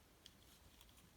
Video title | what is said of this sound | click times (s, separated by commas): Star Wars Transformers The Mandalorian N-1 Starfighter Review | That's better. Okay, good. It does click in. I wasn't pushing it enough. | 0.3 s